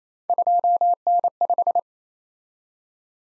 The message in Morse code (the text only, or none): 2N5